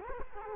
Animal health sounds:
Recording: mosquito wingbeat signal from an infrared sensor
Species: Culex quinquefasciatus

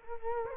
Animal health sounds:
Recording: mosquito wingbeat signal from an infrared sensor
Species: Culex quinquefasciatus

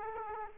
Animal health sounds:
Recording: mosquito wingbeat signal from an infrared sensor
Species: Aedes aegypti

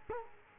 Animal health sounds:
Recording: mosquito wingbeat signal from an infrared sensor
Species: Culex quinquefasciatus

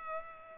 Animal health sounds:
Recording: mosquito wingbeat signal from an infrared sensor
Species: Culex pipiens

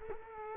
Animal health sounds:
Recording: mosquito wingbeat signal from an infrared sensor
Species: Culex quinquefasciatus

